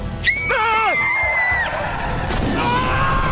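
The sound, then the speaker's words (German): A girl, Agnes, lets out a sudden, piercing high-pitched scream that bends and wavers for about a second, then trails off amid a noisy, rumbling background with a brief bang, as Gru nearly goes off the road. “Plötzlich schreit Agnes.”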